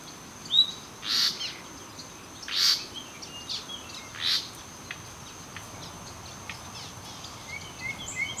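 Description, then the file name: Common nightingale calls: three loud husky notes with a thin whistled tone, about one and a half seconds apart, then softer chirps, against a constant high whine. "Luscinia megarhynchos"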